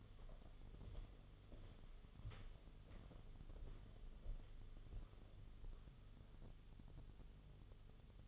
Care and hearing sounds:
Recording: daily activity, microphone in the room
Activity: walk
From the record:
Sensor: 4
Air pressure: 1016.2 hPa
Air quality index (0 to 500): 163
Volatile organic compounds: 6 ppm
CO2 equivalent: 1856 ppm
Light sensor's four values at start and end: 9/19/7/7 and 9/21/8/8

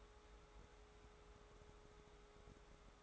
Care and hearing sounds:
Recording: daily activity, microphone in the room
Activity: take from stove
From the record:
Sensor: 3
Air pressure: 1010.3 hPa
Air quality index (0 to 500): 165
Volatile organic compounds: 9 ppm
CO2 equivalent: 2164 ppm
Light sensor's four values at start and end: 49/121/53/59 and 49/121/53/59

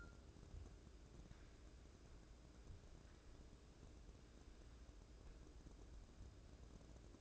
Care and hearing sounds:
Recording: daily activity, microphone in the room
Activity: wipe stove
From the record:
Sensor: 2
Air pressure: 1012.2 hPa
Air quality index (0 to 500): 157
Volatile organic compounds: 2 ppm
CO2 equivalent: 1148 ppm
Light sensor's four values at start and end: 356/885/357/369 and 354/882/355/367

